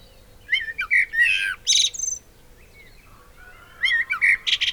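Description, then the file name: Eurasian blackbird singing two short phrases, each a mellow fluted warble ending in a thin, squeaky high twitter, with a quiet pause between them. "Turdus merula"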